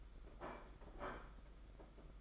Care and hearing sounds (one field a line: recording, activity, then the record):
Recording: daily activity, microphone in the room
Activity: place plate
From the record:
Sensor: 5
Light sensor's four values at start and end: 31/106/39/42 and 31/106/39/42